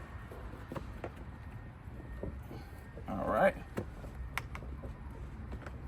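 A replacement headlight switch is inserted into the dashboard of a Mercedes W140 (S500, S420, S320; R129 also listed), where the wrong part had been sent. It is turned counterclockwise over soft handling rustles and a few small taps while someone talks. It clicks into place at 4.4 s and is seated.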